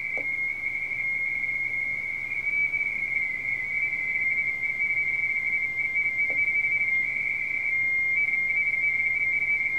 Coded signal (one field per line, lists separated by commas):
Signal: RTTY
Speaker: gives you a feel for a RTTY mess. N4VV calling Simplex.